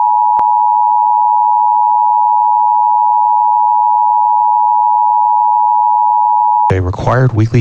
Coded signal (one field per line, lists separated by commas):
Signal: Emergency Alert System (SAME) tones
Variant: 853 and 960 Hz attention tone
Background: speech